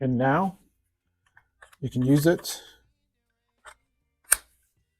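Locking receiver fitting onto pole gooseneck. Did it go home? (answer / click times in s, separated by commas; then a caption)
yes / 4.3 s. Someone talks while a Tucker LOCT system upgrade kit's locking receiver end is pushed onto the gooseneck of a water-fed pole, with a few faint ticks of handling. At 4.3 s it snaps into place with one sharp click, locking on securely.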